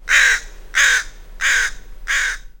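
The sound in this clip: Crow giving four harsh, rasping caws, evenly spaced about two-thirds of a second apart, each fairly long and level.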